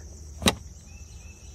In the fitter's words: the indications that you will get when you plug in you just push your connector in until you hear the click